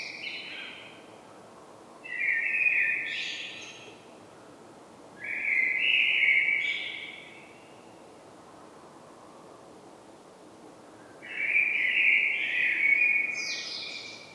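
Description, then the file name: Common blackbird singing three mellow song phrases separated by pauses of a few seconds, with higher scratchy notes within them. "Turdus merula"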